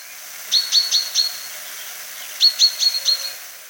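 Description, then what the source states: Common chaffinch giving short, bright 'pink' calls in two quick bursts of four, separated by a brief pause. Short call called 'pinking', sounding like 'pink'; a universal call given by both females and males, heard even outside the breeding season, e.g. by chaffinches wintering in Europe.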